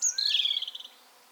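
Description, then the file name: European robin giving a brief high phrase: a thin whistle dropping into a quick trill that fades. "Erithacus rubecula - European Robin"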